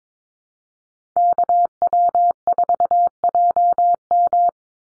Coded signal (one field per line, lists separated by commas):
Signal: Morse code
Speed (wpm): 22 wpm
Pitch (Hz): 700 Hz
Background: none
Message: KW4JM